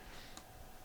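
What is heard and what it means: A plastic spudger is run along the seam of an AtopNuc AG40W mini PC's top cover, prying the plastic retaining clips open one by one. A single short, sharp click at 0.4 s rises above a steady low background hiss as a top cover retaining clip releases and pops open.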